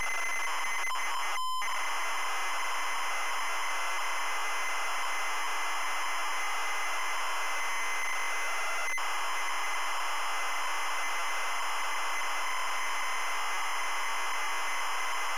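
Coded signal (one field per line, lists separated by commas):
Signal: ZX Spectrum tape loading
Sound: continuous harsh raspy buzzing data screech, briefly interrupted by a short steady tone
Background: tape hiss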